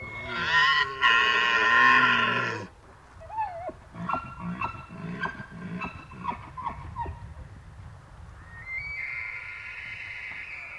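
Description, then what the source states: Elk giving a loud, rough blast, then a series of short grunting chuckles, and finally a thin high whistled tone. Snort and bugle.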